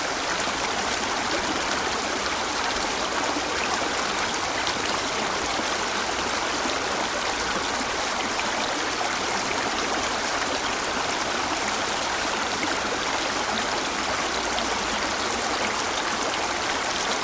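A trickling stream flows steadily over rocks and roots, a dense, bright hiss of water with soft splashes, unchanging throughout.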